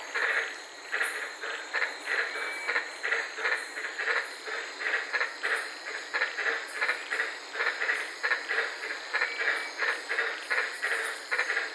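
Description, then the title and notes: White-lipped tree frogs calling together in quick overlapping barks, many clipped notes over background hiss. Several frogs calling at night in the Daintree rainforest, Queensland; recorded while sitting in a car. "White Lipped Frog Podcast. I was sitting in my car in the Daintree rainforest in Queensland this night and fell asleep listening to these amazing White lipped frogs"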